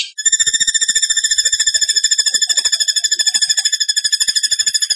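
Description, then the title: Bird song as one unbroken, very fast trill of high, even pulses. It holds a steady pitch and rhythm for the whole stretch. Masteran training recording in the tembakan gacor style. "Masteran Burung Tembakan Gacor"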